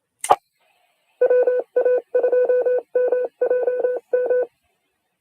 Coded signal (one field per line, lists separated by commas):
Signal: Morse code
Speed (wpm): 28 wpm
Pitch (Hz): 500 Hz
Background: radio noise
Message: WA2MJM